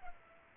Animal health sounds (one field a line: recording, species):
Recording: mosquito wingbeat signal from an infrared sensor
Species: Culex pipiens